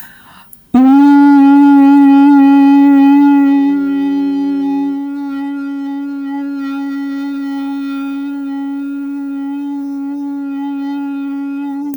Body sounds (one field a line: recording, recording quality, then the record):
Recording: sustained vowel as in boot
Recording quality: excellent, no background noise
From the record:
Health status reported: respiratory illness, not identified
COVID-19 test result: negative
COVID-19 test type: RT-PCR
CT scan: not taken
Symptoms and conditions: asthma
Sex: female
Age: 34 years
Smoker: no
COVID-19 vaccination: both doses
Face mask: not worn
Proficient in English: yes